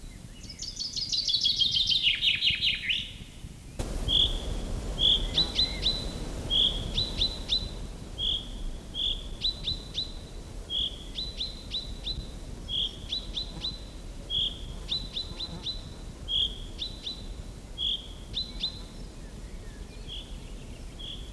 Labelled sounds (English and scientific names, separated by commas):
Common Chaffinch (Fringilla coelebs)